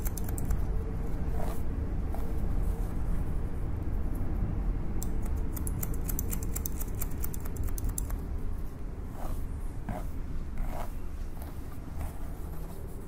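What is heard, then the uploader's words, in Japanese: Scissors cutting, heard as a series of short crisp snips that cluster densely between about five and eight seconds, with scattered snips before and after. Underneath runs a steady low rumble that stays level throughout. (ASMR)ハサミでカット。ホワイトノイズよりの音となります。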